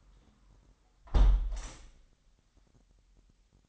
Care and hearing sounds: daily activity, microphone in the room; close window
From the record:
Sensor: 3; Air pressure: 998.6 hPa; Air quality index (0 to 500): 147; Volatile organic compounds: 5 ppm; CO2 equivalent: 1764 ppm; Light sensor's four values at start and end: 10/25/10/11 and 10/24/10/11

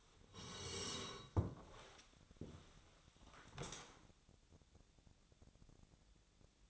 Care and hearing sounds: daily activity, microphone in the room; sit down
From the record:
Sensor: 3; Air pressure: 1000.4 hPa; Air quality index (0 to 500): 169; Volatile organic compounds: 3 ppm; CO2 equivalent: 1478 ppm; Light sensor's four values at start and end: 14/33/14/15 and 14/33/14/14

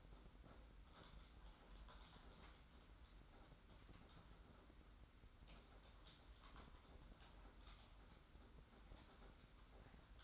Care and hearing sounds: daily activity, microphone in the room; typing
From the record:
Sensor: 3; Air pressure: 991.7 hPa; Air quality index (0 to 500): 187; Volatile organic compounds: 1000 ppm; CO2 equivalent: 6277 ppm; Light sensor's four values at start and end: 33/95/39/33 and 33/95/39/33

